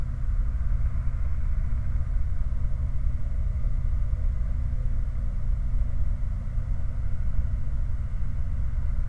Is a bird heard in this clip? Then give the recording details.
no. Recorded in the Prudhoe Bay oil fields, Alaska, on 19 July 2019 at 06:20. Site 29